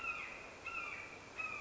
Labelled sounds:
Red-shouldered Hawk
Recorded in Sonoma County, California

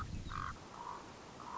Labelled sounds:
Common Raven
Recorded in Sonoma County, California

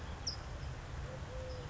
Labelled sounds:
California Towhee
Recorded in Sonoma County, California

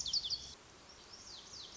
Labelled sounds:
Lazuli Bunting
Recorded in Sonoma County, California

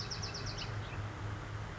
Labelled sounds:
Bewick's Wren
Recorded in Sonoma County, California

